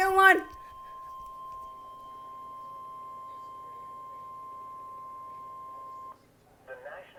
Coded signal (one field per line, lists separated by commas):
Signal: Emergency Alert System (SAME) tones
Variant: 1050 Hz attention tone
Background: speech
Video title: New severe thunderstorm warning eas #115